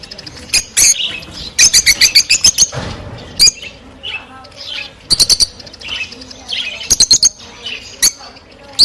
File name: krasivoe i veseloe penie i chirikane rozovoshhekih nerazluchnikov